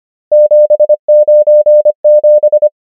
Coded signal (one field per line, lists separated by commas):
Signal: Morse code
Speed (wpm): 25 wpm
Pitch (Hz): 600 Hz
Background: none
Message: 7 9 7